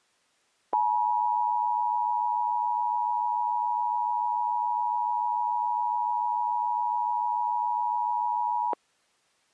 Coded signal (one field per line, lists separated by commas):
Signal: Emergency Alert System (SAME) tones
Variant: 853 and 960 Hz attention tone